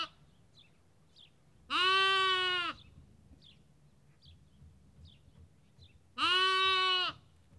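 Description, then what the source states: Sheep: lamb bleating twice, each cry about a second long and a few seconds apart, with faint bird chirps between. Lamb; Kakopetria, Cyprus.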